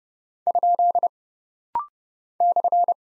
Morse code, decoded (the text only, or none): ? /